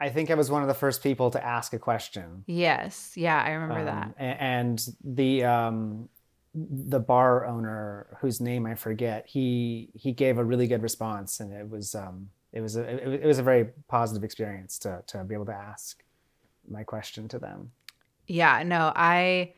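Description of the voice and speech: Adult man who has stuttered since childhood, speaking in conversation with whole-word and part-word repetitions, prolonged sounds and fillers, consistent with stuttering.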